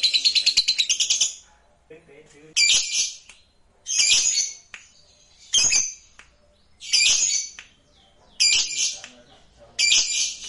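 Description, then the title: Lovebird squawks: a short rapid chatter, then harsh, noisy screeching bursts roughly every one and a half seconds, with quiet gaps between. "Suara Lovebird"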